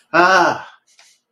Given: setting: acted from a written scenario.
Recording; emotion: vocal sound without words; distress